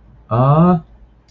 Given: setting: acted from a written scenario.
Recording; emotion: vocal sound without words; adoration